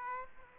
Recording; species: mosquito wingbeat signal from an infrared sensor; Aedes aegypti